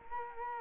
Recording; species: mosquito wingbeat signal from an infrared sensor; Culex quinquefasciatus